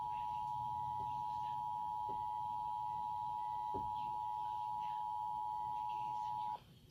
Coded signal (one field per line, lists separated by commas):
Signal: Emergency Alert System (SAME) tones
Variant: 853 and 960 Hz attention tone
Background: speech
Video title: Radio EAS 28 / TV EAS 58 - NPT 2